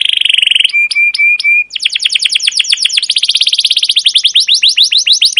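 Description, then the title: Canary singing a buzzy trill, then a few clear whistled notes, then a rapid, even run of repeated down-sweeping notes. Captive canary with a long, continuous 'cuit cuit' chirping song, used as a lure and master song to teach young canaries to sing. "PANCINGAN Kenari GACOR PANJANG Cuit CUIT EMOSI ini AMPUH utk MASTERAN Kenari PAUD belajar BUNYI"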